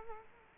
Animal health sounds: mosquito wingbeat signal from an infrared sensor; Culex quinquefasciatus

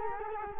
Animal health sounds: mosquito wingbeat signal from an infrared sensor; Culex quinquefasciatus

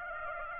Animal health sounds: mosquito wingbeat signal from an infrared sensor; Aedes aegypti

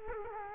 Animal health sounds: mosquito wingbeat signal from an infrared sensor; Culex quinquefasciatus

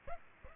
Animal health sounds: mosquito wingbeat signal from an infrared sensor; Aedes aegypti

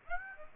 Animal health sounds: mosquito wingbeat signal from an infrared sensor; Aedes aegypti

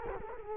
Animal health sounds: mosquito wingbeat signal from an infrared sensor; Culex quinquefasciatus

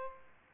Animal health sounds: mosquito wingbeat signal from an infrared sensor; Aedes aegypti

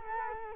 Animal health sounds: mosquito wingbeat signal from an infrared sensor; Culex quinquefasciatus

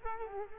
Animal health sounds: mosquito wingbeat signal from an infrared sensor; Culex quinquefasciatus

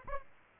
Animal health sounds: mosquito wingbeat signal from an infrared sensor; Aedes aegypti

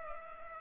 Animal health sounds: mosquito wingbeat signal from an infrared sensor; Culex pipiens

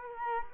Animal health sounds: mosquito wingbeat signal from an infrared sensor; Culex quinquefasciatus

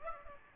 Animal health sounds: mosquito wingbeat signal from an infrared sensor; Aedes aegypti

